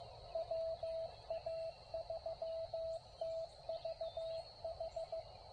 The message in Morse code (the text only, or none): WA3TVH